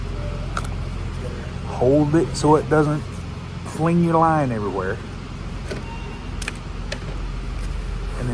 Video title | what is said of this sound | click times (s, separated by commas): HOW TO INSTALL A VERI AFTERMARKET HEAD ON JUST ABOUT ANY GAS POWERED TRIMMER! (ECHOMATIC KNOCKOFF) | it to the right until it clicks and you should be able to pull this out of here | 0.6 s